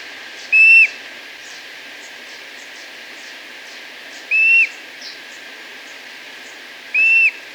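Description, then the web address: Streak-throated bush-tyrant calling three times, with level, clear whistles a few seconds apart, and faint high sounds in between. Ecuador. "Birds of Ecuador 3. Streak-Throated Bush-Tyrant"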